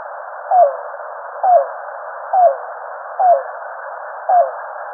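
Yellow-billed cuckoo giving five clipped, downward-sliding hollow notes at a steady pace of about one per second, with a low constant hiss.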